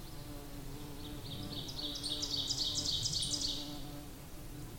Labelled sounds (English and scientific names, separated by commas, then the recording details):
Ovenbird (Seiurus aurocapilla) song
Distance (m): 35 m
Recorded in boreal forest in Alberta, Canada, on 8 June 2016 at 08:22
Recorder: SongMeter 3, array SBT-3-9
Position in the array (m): 52 m, 106 m
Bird 33